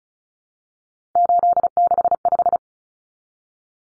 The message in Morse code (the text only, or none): 865